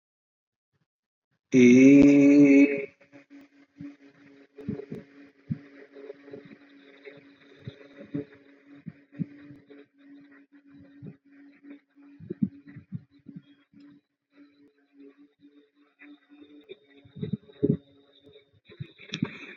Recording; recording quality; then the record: sustained vowel as in made; excellent, no background noise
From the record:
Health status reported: healthy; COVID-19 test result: not tested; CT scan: not taken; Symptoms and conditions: none ticked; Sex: female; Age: 30 years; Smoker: no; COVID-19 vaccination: both doses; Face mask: not worn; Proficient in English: yes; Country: India